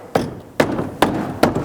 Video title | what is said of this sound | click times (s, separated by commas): ZR2 Colorado Front Blitz Bumper Install | and then make sure that you get the flares fully snapped back in out here along the side | 0.2 s, 0.6 s, 1.0 s, 1.4 s